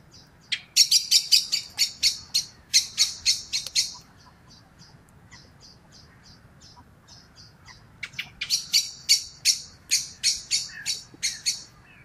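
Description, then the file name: Common blackbird giving rapid series of sharp, chattering chinks in two long bursts separated by quieter spaced notes. "Turdus merula"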